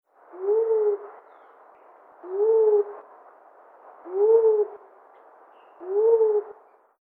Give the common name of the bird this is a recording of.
Mindanao Bleeding-heart